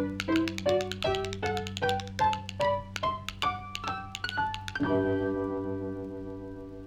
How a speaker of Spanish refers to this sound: vamos a ver si por fin se anima usted y nos baila algo de tap.